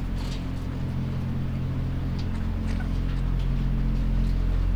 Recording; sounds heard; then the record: poultry house recording; sick chickens (respiratory disease)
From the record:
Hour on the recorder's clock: 21